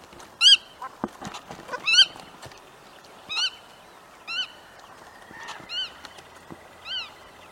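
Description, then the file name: Lake duck calls: short arched, harmonic nasal notes repeated every second or so, with fainter sounds in the background. "Canto do pato de cauda afilada"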